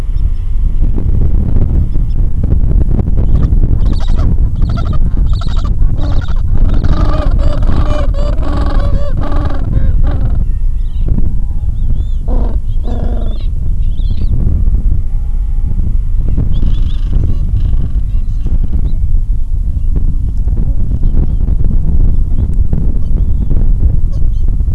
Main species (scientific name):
Pygoscelis papua